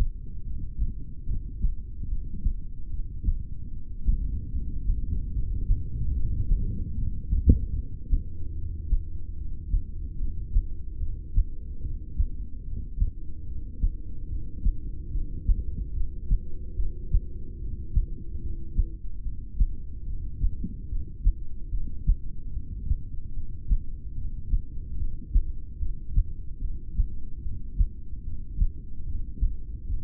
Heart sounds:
heart sounds by stethoscope; 73 bpm
0.40 s: heartbeat
1.22 s: heartbeat
2.04 s: heartbeat
2.85 s: heartbeat
3.66 s: heartbeat
4.47 s: heartbeat
5.28 s: heartbeat
6.09 s: heartbeat
6.90 s: heartbeat
7.70 s: heartbeat
8.51 s: heartbeat
9.32 s: heartbeat
10.14 s: heartbeat
10.95 s: heartbeat
11.77 s: heartbeat
12.59 s: heartbeat
13.41 s: heartbeat
14.24 s: heartbeat
15.06 s: heartbeat
15.89 s: heartbeat
16.72 s: heartbeat
17.54 s: heartbeat
18.36 s: heartbeat
19.19 s: heartbeat
20.01 s: heartbeat
20.84 s: heartbeat
21.67 s: heartbeat
22.49 s: heartbeat
23.30 s: heartbeat
24.11 s: heartbeat
24.93 s: heartbeat
25.75 s: heartbeat
26.57 s: heartbeat
27.38 s: heartbeat
28.19 s: heartbeat
29.01 s: heartbeat
29.83 s: heartbeat
From the record:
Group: heart failure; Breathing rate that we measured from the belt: 12 breaths a minute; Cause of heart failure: ischemic heart disease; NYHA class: 2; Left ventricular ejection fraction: 28%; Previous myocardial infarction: present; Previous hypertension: present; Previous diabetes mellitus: present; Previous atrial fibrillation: present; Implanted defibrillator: present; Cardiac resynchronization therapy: present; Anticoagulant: apixaban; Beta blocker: bisoprolol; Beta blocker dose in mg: 10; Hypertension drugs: sacubitril-valsartan, spironolactone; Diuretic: furosemide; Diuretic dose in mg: 20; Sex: male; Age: 62 years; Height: 178 cm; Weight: 88.3 kg

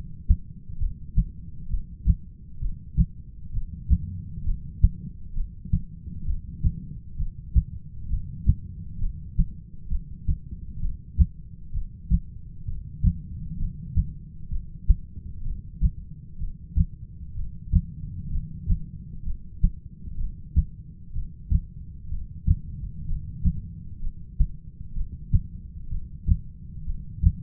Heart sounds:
heart sounds by stethoscope; 64 bpm
0.80 s: heartbeat
1.70 s: heartbeat
2.62 s: heartbeat
3.54 s: heartbeat
4.46 s: heartbeat
5.36 s: heartbeat
6.27 s: heartbeat
7.19 s: heartbeat
8.10 s: heartbeat
9.01 s: heartbeat
9.91 s: heartbeat
10.82 s: heartbeat
11.74 s: heartbeat
12.67 s: heartbeat
13.59 s: heartbeat
14.51 s: heartbeat
15.45 s: heartbeat
16.40 s: heartbeat
17.36 s: heartbeat
18.31 s: heartbeat
19.25 s: heartbeat
20.19 s: heartbeat
21.14 s: heartbeat
22.10 s: heartbeat
23.07 s: heartbeat
24.01 s: heartbeat
24.95 s: heartbeat
25.90 s: heartbeat
26.86 s: heartbeat
From the record:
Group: heart failure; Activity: rest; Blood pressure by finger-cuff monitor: 129/82 mmHg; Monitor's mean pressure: 99 mmHg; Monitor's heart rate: 65 bpm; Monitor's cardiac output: 7.6 L/min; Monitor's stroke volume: 115 mL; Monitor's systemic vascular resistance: 980 dyn s/cm5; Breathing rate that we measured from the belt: 12 breaths a minute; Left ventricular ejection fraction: 25%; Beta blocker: metoprolol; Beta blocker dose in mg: 62.5 twice daily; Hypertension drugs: ramipril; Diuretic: furosemide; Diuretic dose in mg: 40 twice daily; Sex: male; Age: 57 years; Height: 180 cm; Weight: 90.5 kg

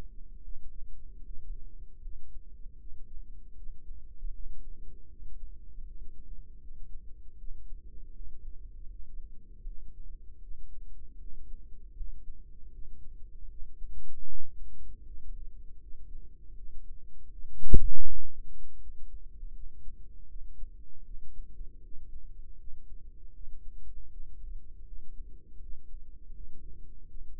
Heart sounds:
heart sounds by microphone in the right ear; 79 bpm
0.42 s: heartbeat
1.22 s: heartbeat
2.00 s: heartbeat
2.77 s: heartbeat
3.54 s: heartbeat
4.31 s: heartbeat
5.08 s: heartbeat
5.83 s: heartbeat
6.59 s: heartbeat
7.36 s: heartbeat
8.12 s: heartbeat
8.88 s: heartbeat
9.64 s: heartbeat
10.40 s: heartbeat
11.17 s: heartbeat
11.94 s: heartbeat
12.70 s: heartbeat
13.47 s: heartbeat
14.26 s: heartbeat
15.03 s: heartbeat
15.79 s: heartbeat
16.54 s: heartbeat
17.29 s: heartbeat
18.04 s: heartbeat
18.78 s: heartbeat
19.52 s: heartbeat
20.27 s: heartbeat
21.03 s: heartbeat
21.80 s: heartbeat
22.56 s: heartbeat
23.32 s: heartbeat
24.08 s: heartbeat
24.84 s: heartbeat
25.59 s: heartbeat
26.32 s: heartbeat
27.06 s: heartbeat
From the record:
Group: healthy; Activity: rest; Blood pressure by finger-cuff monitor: 114/75 mmHg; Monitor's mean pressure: 89 mmHg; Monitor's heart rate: 78 bpm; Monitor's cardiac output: 5.5 L/min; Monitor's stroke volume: 70 mL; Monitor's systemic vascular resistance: 1190 dyn s/cm5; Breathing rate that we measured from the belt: 18 breaths a minute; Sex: female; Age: 43 years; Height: 160 cm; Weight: 90 kg

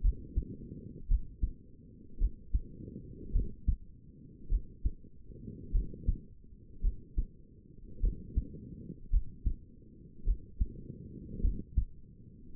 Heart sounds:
heart sounds by stethoscope; 53 bpm
0.02 s: heartbeat
1.09 s: heartbeat
2.19 s: heartbeat
3.33 s: heartbeat
4.49 s: heartbeat
5.72 s: heartbeat
6.82 s: heartbeat
8.01 s: heartbeat
9.11 s: heartbeat
10.25 s: heartbeat
11.42 s: heartbeat
12.55 s: heartbeat
From the record:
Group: healthy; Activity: cold pressor test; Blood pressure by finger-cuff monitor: 106/61 mmHg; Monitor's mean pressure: 76 mmHg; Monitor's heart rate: 54 bpm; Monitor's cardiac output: 5.1 L/min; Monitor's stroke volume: 96 mL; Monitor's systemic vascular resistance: 1060 dyn s/cm5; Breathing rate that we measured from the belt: 23 breaths a minute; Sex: female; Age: 28 years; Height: 170 cm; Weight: 77 kg

